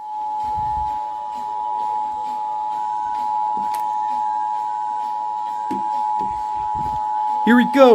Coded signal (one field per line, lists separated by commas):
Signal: Emergency Alert System (SAME) tones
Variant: 853 and 960 Hz attention tone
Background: speech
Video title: (EAS) National Periodic Test (MY 1ST EVER PERIODIC TEST FOR 2021)